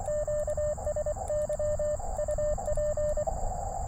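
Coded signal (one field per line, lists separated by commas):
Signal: Morse code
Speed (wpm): 24 wpm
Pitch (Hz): 600 Hz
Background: radio noise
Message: QSY UP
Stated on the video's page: CW Parks on the Air activation with an Elecraft KX2 and Gabil GRA 7350TC antenna in a town park with much RF noise; conditions decent.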